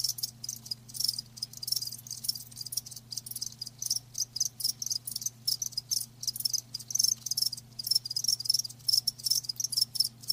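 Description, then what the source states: Crickets giving quick high trilled chirps in rhythmic bursts throughout, with a faint steady low drone underneath. Live crickets chirping, a lulling song.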